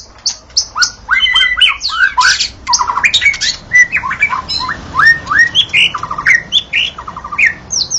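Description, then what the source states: White-rumped shama song, a rich run of varied whistles, slurred rising notes and quick chattering phrases, delivered continuously with brief gaps between bursts. Wild forest bird, natural song.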